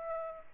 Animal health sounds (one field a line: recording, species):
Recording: mosquito wingbeat signal from an infrared sensor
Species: Aedes aegypti